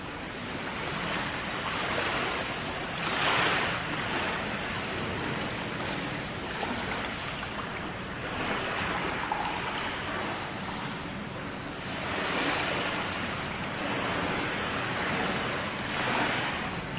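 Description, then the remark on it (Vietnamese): Ocean waves wash in a steady, hissing roar, swelling gently every few seconds without ever fading to quiet. No voices or other sounds break the continuous surf. “Những cành lá phía trên lấp loáng trên mặt biển khơi, với những ai không phải là Ason thì đó chỉ là những làn sóng xôn xao lấp loáng.”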